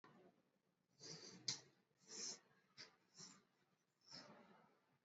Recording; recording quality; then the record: deep breathing; excellent, no background noise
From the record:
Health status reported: exposed to COVID-19, no respiratory illness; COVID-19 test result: not tested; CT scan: not taken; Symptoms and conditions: none ticked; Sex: male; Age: 30 years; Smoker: no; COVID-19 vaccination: both doses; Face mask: worn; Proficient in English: yes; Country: India